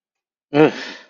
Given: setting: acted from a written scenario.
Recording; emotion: vocal sound without words; contempt